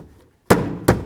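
A new tail lamp housing on a 2007–2017 Jeep Compass is pushed into its mounting in the rear quarter panel, and it seats with a firm thunk at 0.5 s. A second, slightly softer thunk follows at 0.9 s. The assembly is seated in place.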